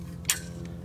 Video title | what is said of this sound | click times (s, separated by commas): Cheap Event Tent Option! How to Reinforce Your Tent | you hear that click and then just continue on through with the couplers to get this side done | 0.3 s